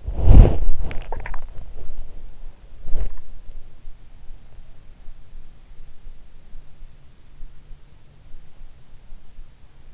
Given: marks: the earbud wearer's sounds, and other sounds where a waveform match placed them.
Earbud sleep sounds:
sounds in sleep by an in-ear microphone; body movement, swallowing
0.00-0.89 s: body movement
0.78-3.12 s: swallowing

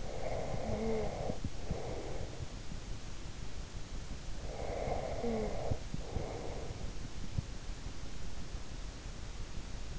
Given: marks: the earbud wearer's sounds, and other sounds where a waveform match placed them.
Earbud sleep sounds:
sounds in sleep by an in-ear microphone; snoring breath
0.00-2.49 s: snoring breath
4.47-7.45 s: snoring breath

